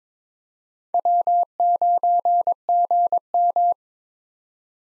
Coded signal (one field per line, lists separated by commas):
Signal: Morse code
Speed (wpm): 22 wpm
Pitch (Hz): 700 Hz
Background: none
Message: W9GM